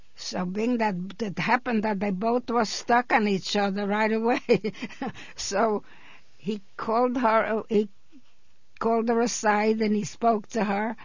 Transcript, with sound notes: So being that, it happened that they both stuck on each other right away. (she laughs) So he called her, he called her aside, and he spoke to her.